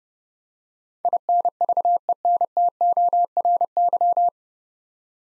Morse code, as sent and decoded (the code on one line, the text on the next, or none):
.. -. ...- . -. - --- .-. -.--
INVENTORY